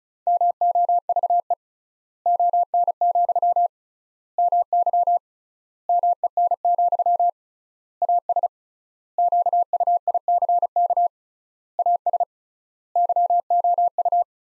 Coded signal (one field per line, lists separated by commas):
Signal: Morse code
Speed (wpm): 36 wpm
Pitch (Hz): 700 Hz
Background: none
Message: MOVE ON, MY MEN, AS QUICK AS YOU